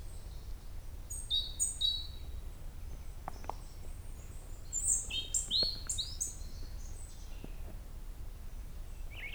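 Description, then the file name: European robin song, a varied run of thin high whistles and quick trills in short phrases with brief pauses, over a steady low rumble of background noise. "Erithacus rubecula"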